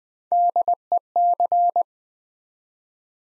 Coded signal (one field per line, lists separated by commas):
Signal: Morse code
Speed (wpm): 20 wpm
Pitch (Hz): 700 Hz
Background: none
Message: DEC